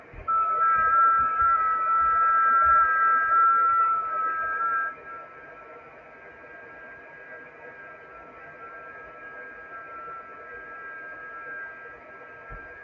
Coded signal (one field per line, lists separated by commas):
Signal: FT8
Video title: Danny Shortwave And Radio DX Live Stream 6/5/2025 FM DX & 6 Meter FT8 Sporadic E-Skip action LIVE